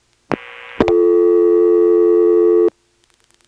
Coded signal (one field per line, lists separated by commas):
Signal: telephone call progress tone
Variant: North America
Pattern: dial tone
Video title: Carolina Tel. part 1: Step with ESS tones in Washington NC, March 1977